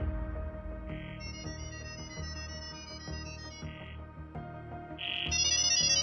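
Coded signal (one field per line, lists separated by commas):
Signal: data over sound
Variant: ggwave (Gibberlink)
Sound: rapid chirpy multi-tone beeping bursts, high pitched, over background music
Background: background music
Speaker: como pudieron ver en el video un asistente de Inteligencia artificial en una computadora comienza a charlar con otra Inteligencia artificial simulando una reservación de hotel pero a mitad de la conversación los Bots se cambian al modo jerling este modo es una locura una mezcla de sonidos que parecen sacados de los viejos modems de comunicación o de pitidos de robots de Star Wars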